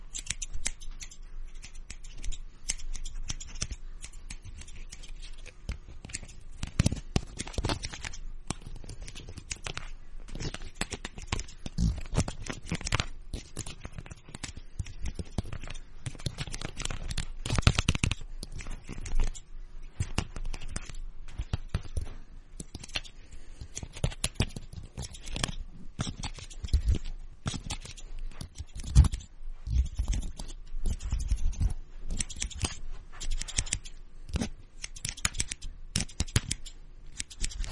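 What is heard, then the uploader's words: Scissors snip and combs scrape, a dense run of quick, crisp clicks and brushing strokes that continues without pause for the whole stretch. The cuts come irregularly but rapidly, with a few louder snips around the middle. Scissors and combs simulate hair cutting, 360-degree immersive experience.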